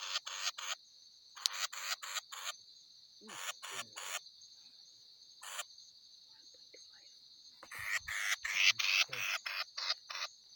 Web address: Batis mixta. صدای-پرنده-سیه-رخ-جنگلی